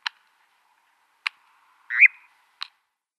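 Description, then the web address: European nightjar: three sharp, separate clicks spaced over about two and a half seconds, with a short call between the last two. Male European nightjar in display. "Schulze Peter Eurasian Nightjar male display"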